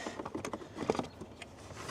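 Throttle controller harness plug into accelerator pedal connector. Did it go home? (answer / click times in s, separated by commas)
yes / 0.9 s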